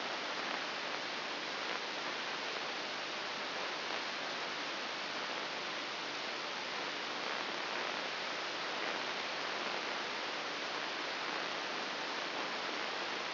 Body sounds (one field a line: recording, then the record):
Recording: brain microelectrode recording played as sound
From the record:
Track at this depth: inside the subthalamic nucleus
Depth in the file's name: 3.802 mm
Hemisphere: right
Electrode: 3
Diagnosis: Parkinson's disease